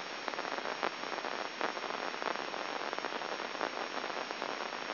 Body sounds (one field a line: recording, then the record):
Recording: brain microelectrode recording played as sound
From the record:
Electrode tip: inside the subthalamic nucleus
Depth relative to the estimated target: 0 mm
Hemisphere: left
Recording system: AlphaMap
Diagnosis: Parkinson's disease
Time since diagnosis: 7 years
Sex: male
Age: 59 years